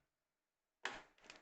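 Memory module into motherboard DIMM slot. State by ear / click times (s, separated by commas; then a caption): seated / 0.9 s. After near silence, further pressure on a memory module being pressed into a motherboard DIMM slot snaps its second plastic retention clip closed with a sharp, bright click at 0.9 s, followed by a quieter tick at about 1.3 s. The second latch clicks home and the memory is seated.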